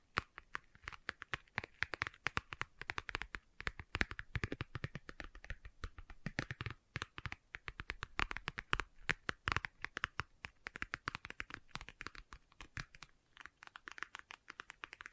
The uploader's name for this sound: Leather Tapping & Scratching Sounds